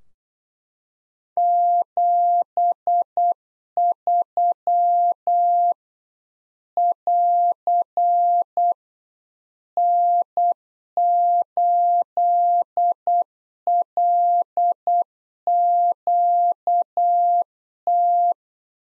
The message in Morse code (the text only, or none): 73 <AR> N8LQT